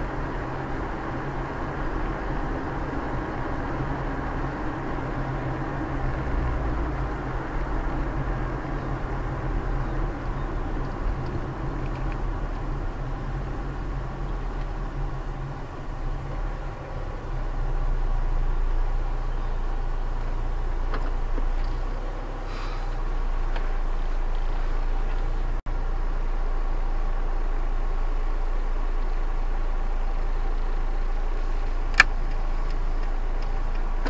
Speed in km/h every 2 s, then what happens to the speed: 43, 44, 45, 45, 43, 39, 35, 28, 20, 13, 8, 4, 0, 0, 0, 0, 0.
0-8 steady at about 44. 8-23 slows to 0. 23-34 standing.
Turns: none.